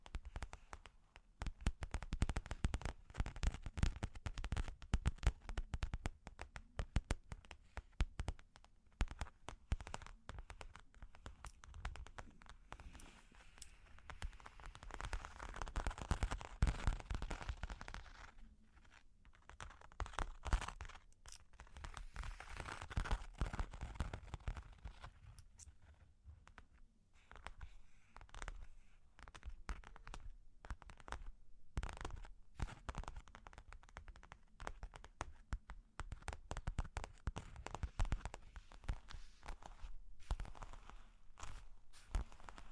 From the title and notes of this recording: Long Claws Tapping and Scratching (No Talking).